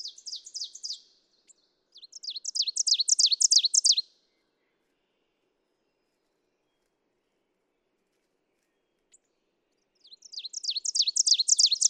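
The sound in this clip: Ovenbird: a song ending at the start, a full crescendo of quick repeated high phrases, then long silence before another loud series begins.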